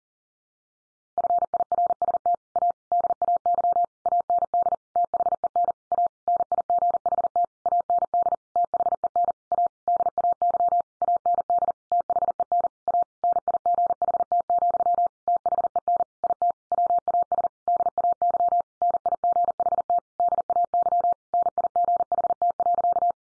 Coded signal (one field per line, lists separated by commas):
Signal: Morse code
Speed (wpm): 40 wpm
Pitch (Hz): 700 Hz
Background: none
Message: FIRST A DAY AND THEN A NIGHT AND THEN A DAY AND THEN A NIGHT, THEN IT WAS DAY NIGHT DAY NIGHT.